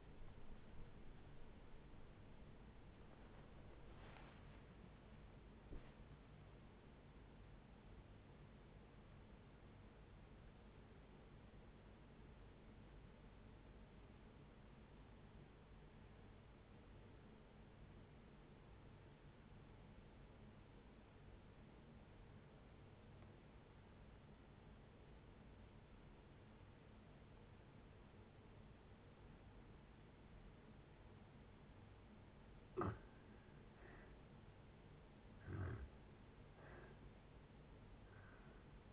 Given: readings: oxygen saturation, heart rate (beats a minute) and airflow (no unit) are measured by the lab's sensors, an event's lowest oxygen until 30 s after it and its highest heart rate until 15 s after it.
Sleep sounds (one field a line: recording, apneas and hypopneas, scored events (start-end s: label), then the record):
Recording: breathing in sleep by a voice recorder at the bedside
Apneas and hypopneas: 1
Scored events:
11.00-38.93 s: new sleep stage, N1 (lightest sleep)
15.00-32.60 s: obstructive apnea (N1, oxygen 97% highest, then 81% lowest, heart rate 63 at the start, 74 highest)
From the record:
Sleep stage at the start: N2 (light sleep)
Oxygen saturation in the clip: 84 to 97%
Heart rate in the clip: 58 to 79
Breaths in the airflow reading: 5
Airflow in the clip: -8.8 to 15.5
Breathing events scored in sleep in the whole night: 496 in 5.4 hours asleep